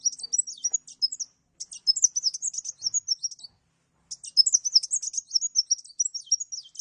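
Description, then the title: Mixed birds: songbird chattering song, rapid high twittered phrases with short pauses between bursts. "Burung Campur"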